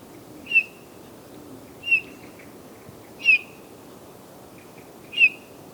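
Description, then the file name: Eurasian bullfinch uttering four soft piped whistles, roughly one every one and a half seconds, with light background noise. "Pyrrhula pyrrhula"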